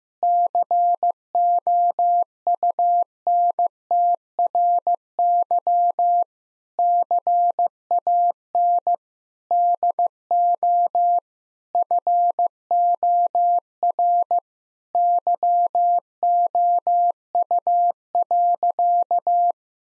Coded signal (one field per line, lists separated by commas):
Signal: Morse code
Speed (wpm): 16 wpm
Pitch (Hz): 700 Hz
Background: none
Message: COUNTRY CAN DO FOR YOU.